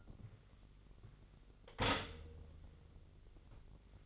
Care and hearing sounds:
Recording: daily activity, microphone in the room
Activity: stop toaster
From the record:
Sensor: 4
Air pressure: 1002.8 hPa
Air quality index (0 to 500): 235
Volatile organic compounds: 16 ppm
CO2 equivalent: 2549 ppm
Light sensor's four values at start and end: 21/74/27/27 and 20/66/25/24

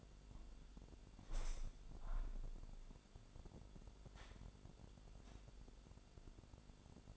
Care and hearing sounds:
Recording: daily activity, microphone in the room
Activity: open window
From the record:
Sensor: 5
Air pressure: 1006.6 hPa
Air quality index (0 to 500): 195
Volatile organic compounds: 6 ppm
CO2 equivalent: 1858 ppm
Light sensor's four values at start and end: 56/160/62/63 and 56/160/62/63

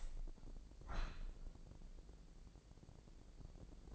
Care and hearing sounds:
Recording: daily activity, microphone in the room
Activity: open window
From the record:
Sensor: 5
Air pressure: 1012.4 hPa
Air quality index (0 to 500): 159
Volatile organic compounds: 2 ppm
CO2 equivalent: 1079 ppm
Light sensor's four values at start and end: 68/165/67/72 and 69/166/68/72

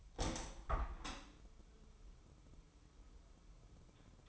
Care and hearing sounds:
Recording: daily activity, microphone in the room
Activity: open window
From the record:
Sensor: 1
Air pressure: 1014.9 hPa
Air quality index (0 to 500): 25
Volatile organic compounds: 0 ppm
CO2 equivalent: 501 ppm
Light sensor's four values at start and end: 10/25/10/11 and 11/26/10/12

